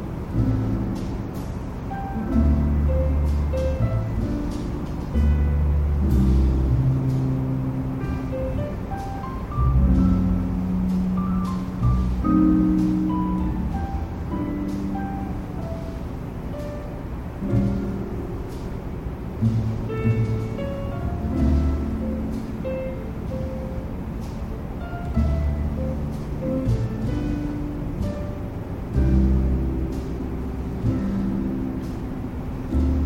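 Soft jazz plays from the next room, muffled and steady, with a warm low bass line and faint melodic notes drifting above.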